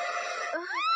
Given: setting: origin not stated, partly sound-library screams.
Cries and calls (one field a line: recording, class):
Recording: one-second piece from a danger detection set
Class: woman in danger